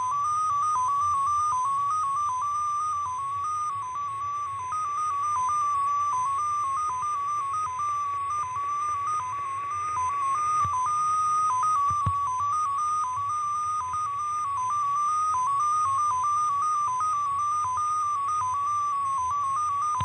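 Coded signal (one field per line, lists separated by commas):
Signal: numbers station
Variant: XPA2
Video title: 16147kHz USB BIG Message from Russian Number Station XPA2 02 05 2024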